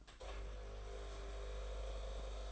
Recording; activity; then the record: daily activity, microphone in the room; make coffee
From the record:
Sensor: 5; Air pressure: 994.6 hPa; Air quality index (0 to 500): 179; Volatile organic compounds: 948 ppm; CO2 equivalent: 5242 ppm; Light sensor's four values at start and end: 46/139/55/60 and 46/139/55/60